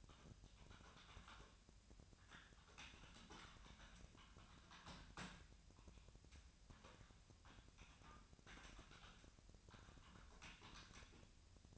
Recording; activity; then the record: daily activity, microphone in the room; typing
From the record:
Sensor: 2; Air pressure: 1009.3 hPa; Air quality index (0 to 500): 187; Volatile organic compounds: 11 ppm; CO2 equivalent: 2323 ppm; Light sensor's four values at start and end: 24/60/26/28 and 24/60/26/28